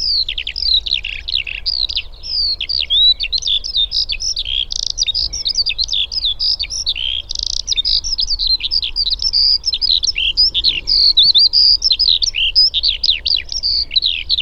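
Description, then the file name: Eurasian skylark delivering an extended, unbroken cascade of high warbling, chirping and trilling notes, fast and varied throughout. "alauda arvensis"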